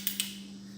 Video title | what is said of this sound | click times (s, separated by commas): Buying A DSLR For My Youtube Channel!! *Canon 80D Review* | You can hear the clicks. | 0.1 s, 0.2 s